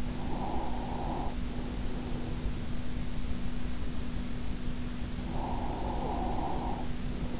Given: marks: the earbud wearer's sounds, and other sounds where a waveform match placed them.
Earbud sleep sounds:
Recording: sounds in sleep by an in-ear microphone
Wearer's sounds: breath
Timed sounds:
0.17-2.47 s: breath
5.14-7.40 s: breath

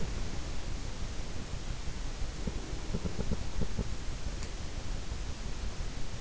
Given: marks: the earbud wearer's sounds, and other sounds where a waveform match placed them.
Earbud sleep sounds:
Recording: sounds in sleep by an in-ear microphone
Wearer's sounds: breath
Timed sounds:
0.00-0.73 s: sound from someone else or the room
2.27-3.50 s: breath
2.42-3.89 s: sound from someone else or the room

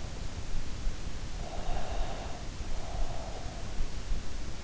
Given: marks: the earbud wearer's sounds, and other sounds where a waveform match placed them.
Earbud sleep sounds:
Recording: sounds in sleep by an in-ear microphone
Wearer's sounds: breath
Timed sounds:
1.35-3.48 s: breath

